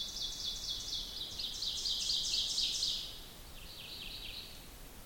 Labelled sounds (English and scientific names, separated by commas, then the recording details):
Ovenbird (Seiurus aurocapilla) song
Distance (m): 40 m
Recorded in boreal forest in Alberta, Canada, on 2 June 2016 at 06:00
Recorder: SongMeter 3, array SBT-3-7
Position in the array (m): 49 m, 143 m
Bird 4